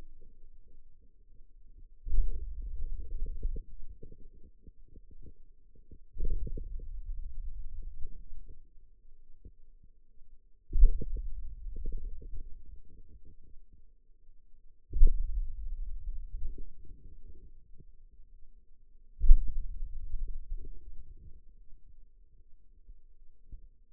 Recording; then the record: forearm muscle sounds (acoustic myography)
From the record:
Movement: hand opening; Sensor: system 2, bracelet of six BSWA MPA416 microphones around the upper forearm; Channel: 3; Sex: male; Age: 22 years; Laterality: right